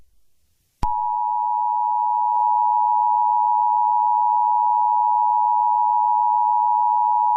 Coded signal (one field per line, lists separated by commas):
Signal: Emergency Alert System (SAME) tones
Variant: 853 and 960 Hz attention tone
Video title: Eas scenario Christmas Special - Burning Earth (With a Big Announcement At The End)